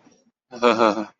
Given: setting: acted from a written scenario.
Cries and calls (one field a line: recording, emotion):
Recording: vocal sound without words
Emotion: shame